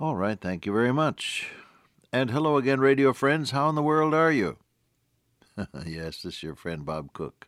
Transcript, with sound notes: Alright, thank you very much. And hello again, radio friends. How in the world are you? [chuckle] Yes, this is your friend, Bob Cook.